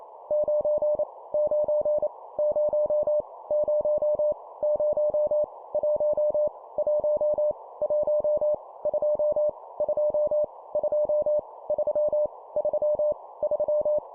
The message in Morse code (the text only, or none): 9 9 0 0 0 1 1 1 2 2 2 3 3 3